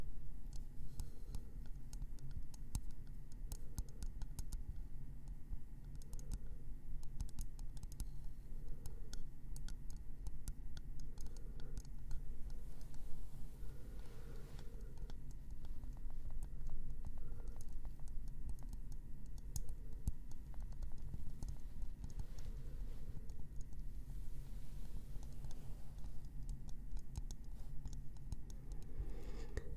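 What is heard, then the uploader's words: Gentle tapping and scratching on wood, with quick, dense clicks that run steadily for the whole half minute. The taps are soft, mostly low and woody, with light scratchy bits on top and a faint hum underneath. ASMR gentle Wood Triggers - tapping & scratching.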